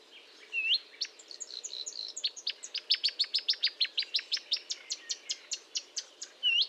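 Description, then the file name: Marsh warbler song: a rising whistled note, then a rapid, steady series of sharp ticking notes, ending with another rising whistled note. Recorded at Fontaine-Française, Fourneau, France, on 1 June 2022 at 10:55, with a Nagra recorder and Telinga microphone. "Rousserolle verderolle 1055 Fontaine-Francaise-Fourneau"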